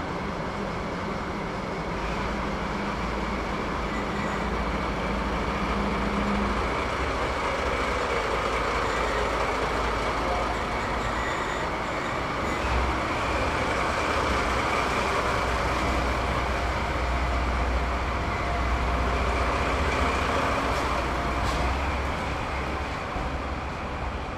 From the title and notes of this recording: Sleeper limited express Twilight Express departure scene from Sapporo Sta. The first memorable recording with the first PCM recorder [ZOOM H2] is the [Twilight Express] departing from Sapporo Station.